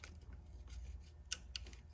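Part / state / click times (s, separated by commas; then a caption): wire terminal pins into fan electrical connector housing / seated / 1.3 s, 1.6 s. Two depinned fan wire terminals on a turbo Honda's cooling fan are pushed back into their plastic connector housing after their polarity is swapped, because the fan was blowing backwards. Two sharp, bright clicks sound at 1.3 s and 1.6 s over a low steady background hum, with a few faint ticks after. Both terminal pins seat back in the housing.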